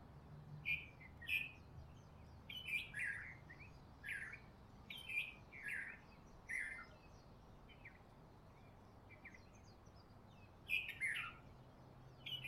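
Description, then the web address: Bird calls: short chirping notes repeated in loose groups every second or two, with a steady low hum underneath. Recorded in Honolulu in the morning. "lynne-publishing Honolulu Morning Bird"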